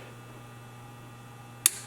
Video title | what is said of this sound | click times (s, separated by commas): Duramax head studs, arp lubricant | wait for the click | 1.7 s